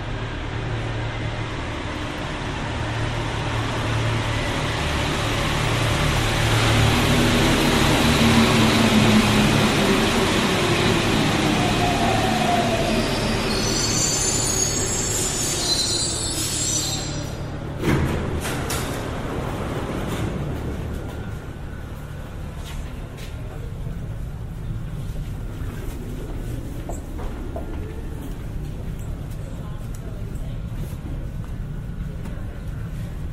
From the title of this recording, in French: Métro parisien